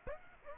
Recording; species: mosquito wingbeat signal from an infrared sensor; Aedes aegypti